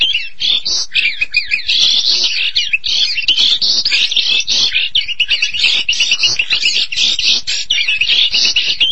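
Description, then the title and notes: Starling song, a rapid jumble of shrill chirps, rasps and short whistles running on without pause at a steady loudness. "suara burung jalak"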